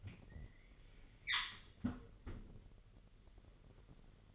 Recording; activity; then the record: daily activity, microphone in the room; close fridge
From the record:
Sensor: 4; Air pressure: 1002.9 hPa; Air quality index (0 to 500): 249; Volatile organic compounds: 19 ppm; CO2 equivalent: 2660 ppm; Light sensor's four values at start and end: 4/9/3/4 and 4/9/3/4